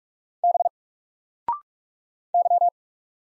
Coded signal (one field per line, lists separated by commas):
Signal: Morse code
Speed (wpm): 46 wpm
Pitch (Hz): 700 Hz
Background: none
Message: B Y